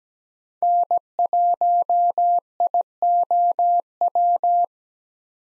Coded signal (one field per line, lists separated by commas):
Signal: Morse code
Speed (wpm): 17 wpm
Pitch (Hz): 700 Hz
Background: none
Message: N1IOW